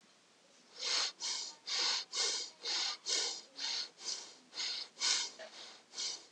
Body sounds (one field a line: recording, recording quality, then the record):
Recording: shallow breathing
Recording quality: excellent, no background noise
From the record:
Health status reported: healthy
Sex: male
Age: 38 years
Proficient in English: yes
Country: United States